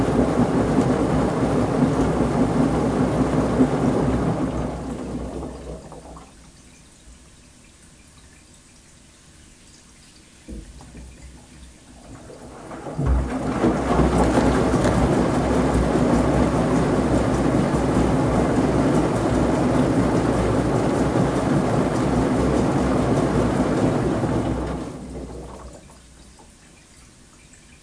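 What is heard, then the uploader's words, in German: A washing machine tumbles laundry with a steady, rumbling, gurgling churn. The dense sloshing runs for about six seconds, drops to a quiet low hum with a few knocks, then returns loudly around thirteen seconds before falling away again near twenty-five. Wäsche in der Waschmaschine. Gleichmäßigen, rumpelnd-gluckernden Umdrehungen der Waschmaschine.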